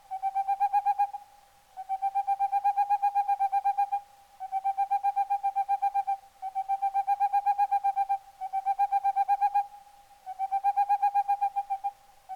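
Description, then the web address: Boreal owl song: rapid trills of soft, even hoots at a steady pitch, in bursts of about one to two seconds separated by brief pauses. "CIvetta capogrosso"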